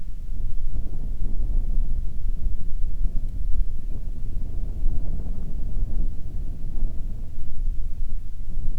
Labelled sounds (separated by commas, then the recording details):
songbird, wind
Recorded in the Arctic National Wildlife Refuge, Alaska, on 1 June 2019 at 19:47
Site 37